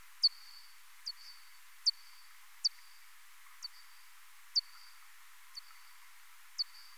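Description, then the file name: Common pipistrelle echolocation calls: a series of short sweeping chirps, each dropping steeply into a brief level tail, repeated over a quiet hiss. "Ppip"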